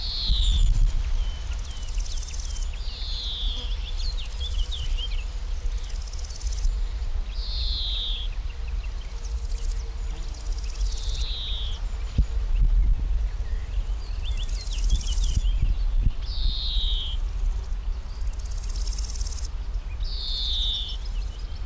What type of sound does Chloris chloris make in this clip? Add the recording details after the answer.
song. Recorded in the wild. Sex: male. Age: adult. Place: Blankenfelde, Tegeler Fließ, Berlin, DE. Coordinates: 52.6372, 13.3889. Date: 1991-07-07 10:27. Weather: sunny, 28°C, wind. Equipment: Marantz, Sennheiser ME 80, Kopie Tesla B 116. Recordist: Tembrock, Günter